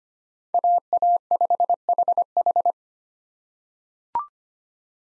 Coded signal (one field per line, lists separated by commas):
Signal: Morse code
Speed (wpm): 25 wpm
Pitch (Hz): 700 Hz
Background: none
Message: AA5HH